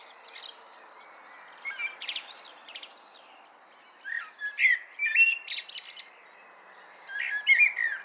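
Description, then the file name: Common blackbird song that starts with faint high twittering and then gives louder phrases of rich fluted notes with squeaky high endings. "Turdus merula"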